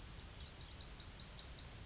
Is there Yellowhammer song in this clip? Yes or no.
yes